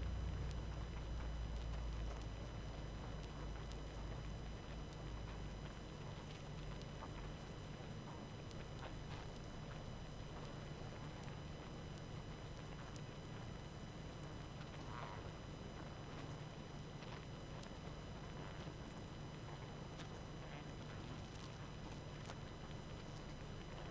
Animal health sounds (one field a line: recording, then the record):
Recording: honeybee colony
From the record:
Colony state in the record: active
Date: 12 June 2018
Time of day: 20:42